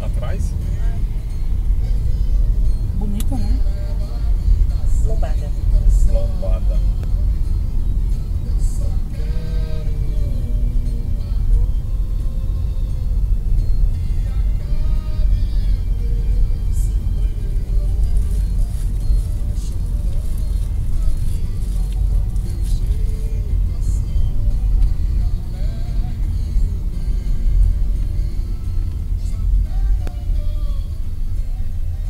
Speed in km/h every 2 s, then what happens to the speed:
47, 48, 49, 46, 43, 40, 42, 42, 43, 43, 43, 43, 41, 37, 31, 17.
0-5 steady at about 48. 5-9 slows to 40. 9-24 steady at about 42. 24-32 slows to 17.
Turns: none.